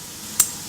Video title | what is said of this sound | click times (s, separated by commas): Montage outil dans porte outil à pince | Voilà, donc là on a bien entendu clipser. | 0.4 s